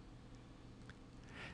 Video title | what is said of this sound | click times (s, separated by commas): Helios® Gene Gun Training Video | and push until it clicks | 0.9 s